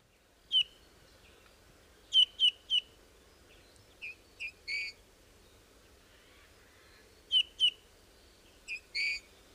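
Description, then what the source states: Eurasian bullfinch song: soft, squeaky piping notes in short clusters of two or three, with brief pauses between phrases, against a quiet background. Natural song in full flow, played back as an example; song described as a bit like a squeaky wheelbarrow.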